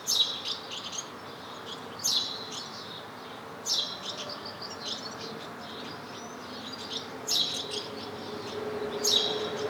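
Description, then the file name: House sparrow chirps, short bright notes repeated at irregular intervals. "Passer domesticus"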